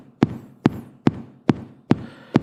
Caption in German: Also ganz regelmäßig, ne? Wenn man aufgeregt ist, ist es ein bisschen schneller. Das ist ein normaler Sinusrhythmus.